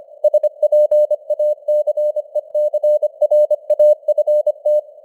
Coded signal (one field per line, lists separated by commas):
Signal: Morse code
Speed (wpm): 25 wpm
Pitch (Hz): 600 Hz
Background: none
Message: SPACECRAFT